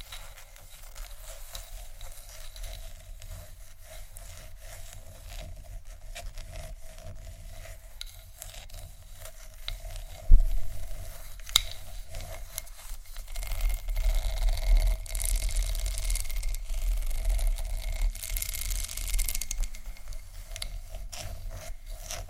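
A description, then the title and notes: Scratching and tapping on textured surfaces, a dense, fine rasping that runs throughout with a soft low rumble beneath. A sharp tap lands near 10 seconds, and from about 14 seconds the scratching grows louder and brighter, with crisp hissing strokes and occasional clicks. ASMR Scratch & Tap On Tingly Textures（No Talking）.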